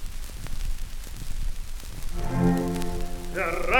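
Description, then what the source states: Chicken: rooster crowing: after low rumbling noise, a loud harmonic crow begins midway and continues to the end, with higher notes joining near the end. Several roosters.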